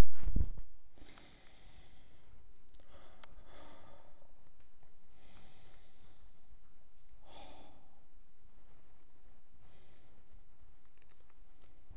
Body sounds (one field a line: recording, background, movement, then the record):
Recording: deep breathing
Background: quiet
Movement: sitting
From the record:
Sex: male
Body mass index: 23.7 kg/m2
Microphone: on the chest, facing outward